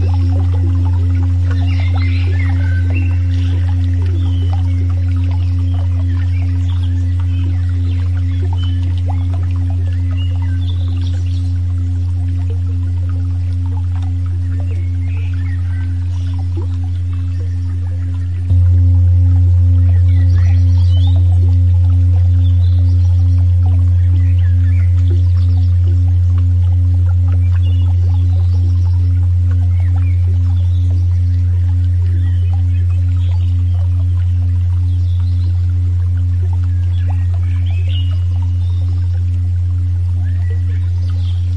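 A singing bowl holds a steady mid-pitched tone with a slow, even pulsing throughout, over a deep, constant low rumble. Around 18 seconds the overall level steps up slightly. Faint scattered ticks and small chirps sound in the background.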